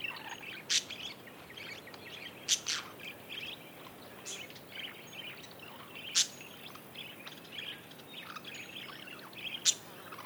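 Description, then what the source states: Budgerigar chatter, soft scratchy warbling punctuated by loud sharp clicks every few seconds. Several budgerigars, described as happy.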